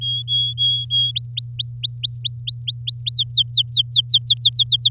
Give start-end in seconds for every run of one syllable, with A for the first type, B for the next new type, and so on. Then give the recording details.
0.01-1.11 A, 1.15-3.15 B, 3.15-4.89 C. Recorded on 10 May 2018 at 06:05. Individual llb16